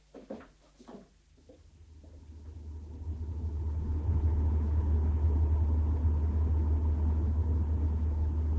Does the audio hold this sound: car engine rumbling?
yes